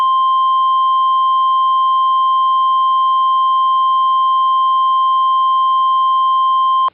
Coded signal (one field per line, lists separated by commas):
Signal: Emergency Alert System (SAME) tones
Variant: 1050 Hz attention tone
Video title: [EAS SCENARIO / ANALOG HORROR] - THE WATCHER'S OUTBREAK